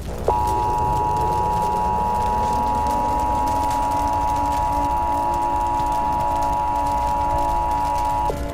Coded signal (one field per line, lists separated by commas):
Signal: Emergency Alert System (SAME) tones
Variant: 853 and 960 Hz attention tone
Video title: EAS Scenario: Frederick County To National Fire Outbreak (Part 1)